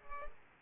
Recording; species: mosquito wingbeat signal from an infrared sensor; Culex pipiens